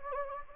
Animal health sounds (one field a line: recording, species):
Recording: mosquito wingbeat signal from an infrared sensor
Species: Anopheles gambiae